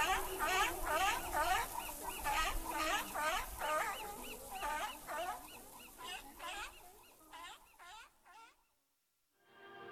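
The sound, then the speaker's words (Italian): Seals bark in a rapid, repetitive series of loud, honking calls, roughly two per second, gradually thinning out before a brief silence at the end. “anche le foche bevono Radio Wombat.”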